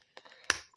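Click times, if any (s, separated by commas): 0.5 s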